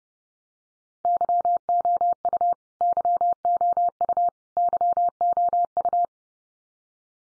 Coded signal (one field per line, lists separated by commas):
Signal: Morse code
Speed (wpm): 30 wpm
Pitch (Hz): 700 Hz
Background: none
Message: YOU YOU YOU